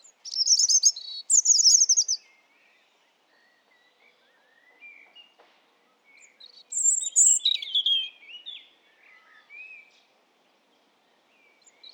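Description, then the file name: European robin song, high thin warbled phrases with trills near the start and again after a pause, mixed with softer scratchy twittering. "Erithacus rubecula"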